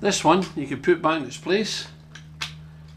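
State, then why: Seated. Someone talks, then a plastic blade attachment on a Purple Cow 2-in-1 trimmer is turned back onto the trimmer head until it locks. Two short ticks are heard at 2.2 s and 2.4 s as the attachment clicks into place, and it is seated and locked in position.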